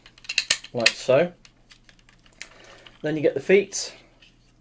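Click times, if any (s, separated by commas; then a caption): none. Someone talks while handling a plastic Tobot V3 05 Big Boss transforming robot toy, folding parts round during the leg transformation and getting to the feet that go into the leg joints. Sharp taps of handling are heard near the start, with light ticks in between the speech. Nothing has seated or clicked yet; the feet are not locked into place.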